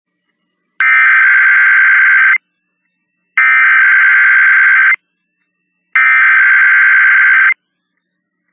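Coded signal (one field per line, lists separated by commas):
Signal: Emergency Alert System (SAME) tones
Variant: header bursts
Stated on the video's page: Tornado watch tones received on NOAA Weather Radio, Alabama, during Hurricane Zeta.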